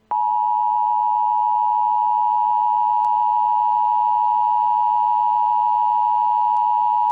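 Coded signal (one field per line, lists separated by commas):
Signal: Emergency Alert System (SAME) tones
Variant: 853 and 960 Hz attention tone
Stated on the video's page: Fictional horror EAS scenario, not a real alert.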